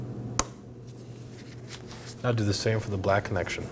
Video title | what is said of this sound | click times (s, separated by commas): How to Replace Fuel Pump Module Assembly 2018-2024 Chevrolet Equinox 1.5L L4 | Push until you hear the click and push the red tab down as well. | 0.4 s